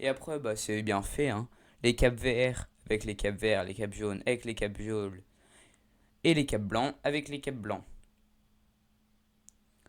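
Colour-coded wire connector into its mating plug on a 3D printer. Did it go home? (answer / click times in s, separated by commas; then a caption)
yes / 9.5 s. On a Bambu Lab A1 3D printer being assembled, colour-coded wire connectors are plugged into their mating plugs, green to green, yellow to yellow and white to white. Someone talks over a faint steady hum, then a sharp click at 9.5 s marks a connector seating.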